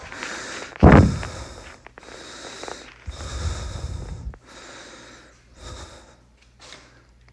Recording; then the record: deep breathing after running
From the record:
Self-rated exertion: light exertion (2 of 6); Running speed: 7 miles an hour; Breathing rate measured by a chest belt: 18 breaths a minute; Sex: male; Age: 37 years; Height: 174 cm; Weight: 76 kg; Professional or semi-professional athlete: no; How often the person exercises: over 5 times a week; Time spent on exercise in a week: over 5 hours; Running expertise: yes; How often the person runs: 3 to 5 times a week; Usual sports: running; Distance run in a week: 70 km